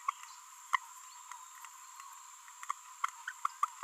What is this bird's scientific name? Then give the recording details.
Forpus passerinus. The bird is a female. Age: 27 days. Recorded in a nest box in Venezuela. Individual 17B42B3